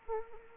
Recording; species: mosquito wingbeat signal from an infrared sensor; Anopheles arabiensis